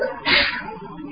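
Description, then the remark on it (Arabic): A single sharp sneeze bursts out loudly during an Islamic jurisprudence lesson, a quick breathy explosion with a hissy top that fades within a fraction of a second, followed by quiet room noise. “يرحمكم الله.”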